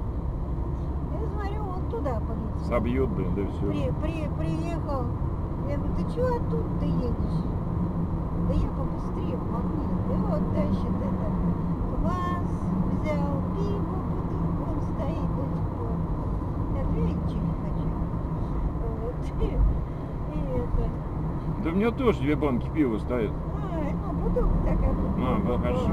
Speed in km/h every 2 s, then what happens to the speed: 39, 42, 45, 48, 51, 52, 52, 52, 51, 48, 48, 49, 52.
0-8 speeds up to 51. 8-26 steady at about 51.